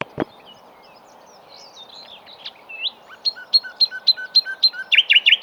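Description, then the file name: Common nightingale producing scattered slurred notes, then a steady series of sharp repeated notes about four per second, finishing with louder quick chirps. "Luscinia megarhynchos"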